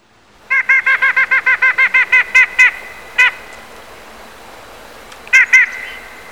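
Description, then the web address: Eurasian jay sound: a long even string of about a dozen nasal pulses, a single note after a pause, then a final pair. "peene na ptici soika"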